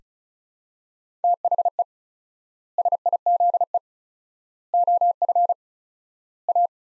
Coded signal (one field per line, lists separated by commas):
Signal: Morse code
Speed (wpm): 34 wpm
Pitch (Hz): 700 Hz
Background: none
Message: THE SIZE OF A